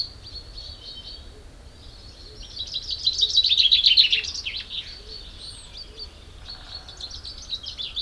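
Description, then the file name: Common chaffinch song: a rapid trill of about two seconds tumbling downward to a closing flourish, with other small birds twittering in the background. "Fringilla coelebs"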